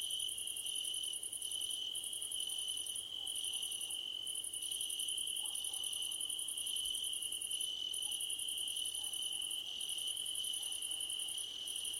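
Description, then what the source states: Crickets chirp in repeated high pulsed bursts with short gaps, alongside a continuous ringing insect chorus and faint low background noise. Crickets calling at night under a starlit sky.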